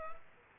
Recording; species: mosquito wingbeat signal from an infrared sensor; Culex quinquefasciatus